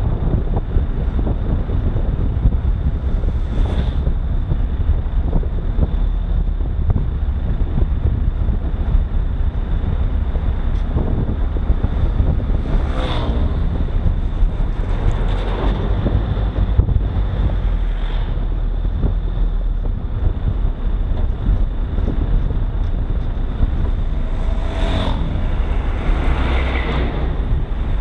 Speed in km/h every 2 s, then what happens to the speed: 35, 35, 34, 33, 31, 31, 30, 30, 31, 32, 28, 25, 20, 20.
0-19 steady at about 31. 19-24 slows to 20.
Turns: none.